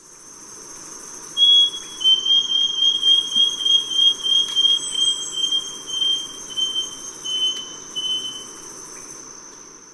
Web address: Natures Songs S America Birds of Ecuador wing-banded Wren